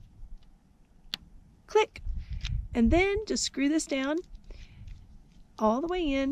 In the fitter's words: so and then you slide it on till it clicks click